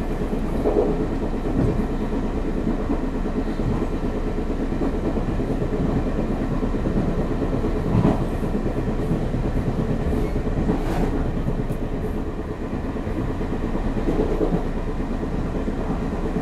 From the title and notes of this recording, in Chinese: 白噪音 枋山之旅 鐵道火車音頻。